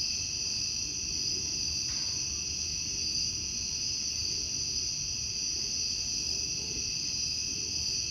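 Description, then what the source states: Cicada: high, even buzzing of a cicada chorus runs throughout, with a faint click early on and low background rumble. Outdoor recording in summer.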